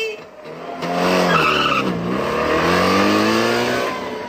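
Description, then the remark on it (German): A Trabant car engine roars and revs hard, its pitch climbing, dipping and climbing again, while a gritty, hissing skid through gravel runs under it for about four loud, continuous seconds as the neighbour's Trabant is thrown into the gravel. “Röhrend schmiss ich seinen Trabi in den Schotter.”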